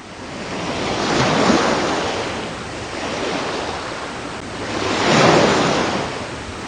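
Broad, hissing ocean surf in the middle of the open sea rises and falls in two slow swells, with a steady wash of wind-like noise throughout and no voices.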